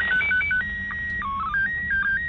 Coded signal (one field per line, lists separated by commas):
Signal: SSTV (slow-scan television)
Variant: PD 120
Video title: SSTV Decoding picture from International Space Station with Yaesu FT-65 handheld 145.800 MHz